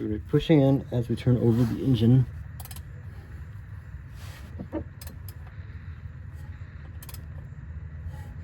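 On a MINI Cooper N12/N16 (non-S) engine during timing chain replacement, pressure is held on a metal crankshaft/flywheel locking pin against the engine block and flywheel hole while the engine is turned over. Someone talks for the first two seconds, followed by a low steady hum with a few faint, sharp metallic ticks around 2.6, 5.3 and 7.1 seconds. The pin has not yet dropped into its locating hole, and nothing has seated or clicked into place.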